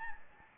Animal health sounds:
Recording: mosquito wingbeat signal from an infrared sensor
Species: Anopheles gambiae

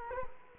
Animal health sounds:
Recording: mosquito wingbeat signal from an infrared sensor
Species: Culex quinquefasciatus

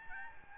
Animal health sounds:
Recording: mosquito wingbeat signal from an infrared sensor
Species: Aedes albopictus

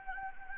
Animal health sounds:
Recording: mosquito wingbeat signal from an infrared sensor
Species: Anopheles arabiensis

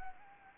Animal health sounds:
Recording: mosquito wingbeat signal from an infrared sensor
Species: Anopheles arabiensis

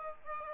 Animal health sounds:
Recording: mosquito wingbeat signal from an infrared sensor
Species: Aedes aegypti

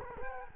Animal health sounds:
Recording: mosquito wingbeat signal from an infrared sensor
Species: Culex quinquefasciatus

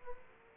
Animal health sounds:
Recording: mosquito wingbeat signal from an infrared sensor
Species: Aedes aegypti

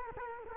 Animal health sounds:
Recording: mosquito wingbeat signal from an infrared sensor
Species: Culex quinquefasciatus

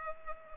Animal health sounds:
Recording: mosquito wingbeat signal from an infrared sensor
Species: Culex pipiens

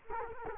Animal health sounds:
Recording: mosquito wingbeat signal from an infrared sensor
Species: Culex quinquefasciatus

